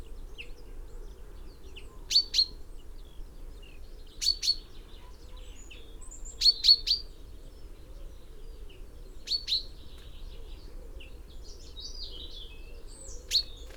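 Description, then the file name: Common chaffinch calls: sharp, high metallic notes given singly or in quick pairs every two to four seconds, with a low steady background hum. "Fringilla coelebs"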